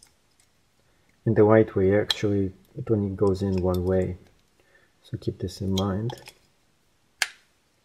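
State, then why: Seated. Someone talks while pushing an insert piece all the way into the plastic body of a Breather expiratory muscle strength trainer, a part that only fits in one way. After a pause, a single sharp pop sounds at 7.2 s as the piece seats in place.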